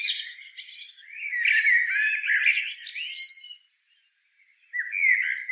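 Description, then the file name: Eurasian blackbird warbling phrase with high squeaky notes, falling silent for about a second before a short fluty phrase resumes. "Turdus merula"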